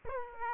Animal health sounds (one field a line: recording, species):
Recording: mosquito wingbeat signal from an infrared sensor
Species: Aedes aegypti